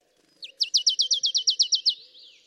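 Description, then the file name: Marsh tit call series: about eleven crisp, identical high downslurred notes in rapid, even succession, ending in a faint thin slur; otherwise quiet. "Poecile palustris"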